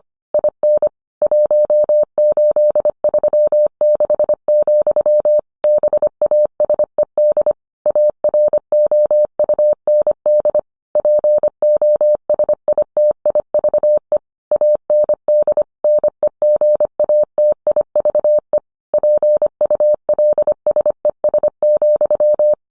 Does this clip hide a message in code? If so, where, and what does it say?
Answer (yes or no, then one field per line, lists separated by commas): yes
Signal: Morse code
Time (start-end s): 0.3-22.5 s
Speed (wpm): 25 wpm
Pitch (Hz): 600 Hz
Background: none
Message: IN 1836, BASED AROUND POSITIVE AND NEGATIVE PULSES,